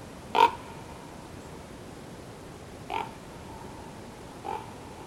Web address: Yle Aihe 2016 10 katoava pohjola susi feature korppi